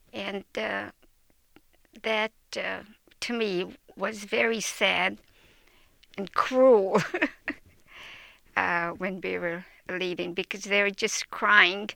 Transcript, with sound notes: and that to me was very sad and cruel [Chuckles] when they were leaving because they were just crying